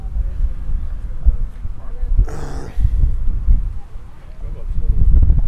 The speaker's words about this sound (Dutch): Er is echt veel te veel wind nu. Het is, ja. Nou, het is uitstekend vliegenweer.